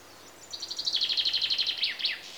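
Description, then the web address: Common chaffinch song: a bright rattling series of about a dozen repeated notes ending in a quick falling flourish, over a faint hiss. Chaffinches recorded in Greece. "BBC Sound Effects Library BBC 32-Greece Birds (Chaffinches) And Insects"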